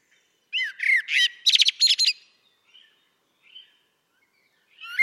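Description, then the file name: Common blackbird giving a short burst of warbled, squeaky notes followed by fainter twittering fragments and a final rising squeak. "Turdus merula"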